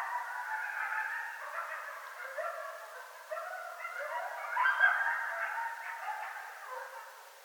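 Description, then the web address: Coyotes in a chaotic group chorus of yips and quavering howls, jumbled together and fading toward the end. Several coyotes, 9 February 2013. "Coyote 2013 02 09 Coyotes"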